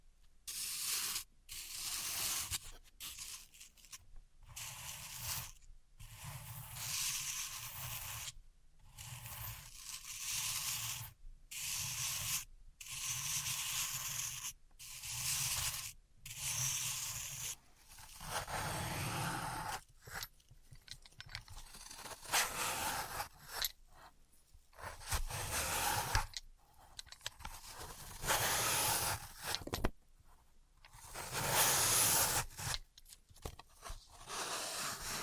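Floral foam being handled, with gritty scraping and crushing bursts. The first half is a regular series of short rubbing strokes broken by brief silences, roughly two per second; later the strokes grow longer, louder and more irregular, with crumbly crunching.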